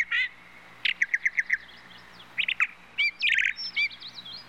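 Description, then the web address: Bird singing quick runs of bright chirps and twittering phrases, several notes in rapid succession, with a faint low hum in the background. "птицы"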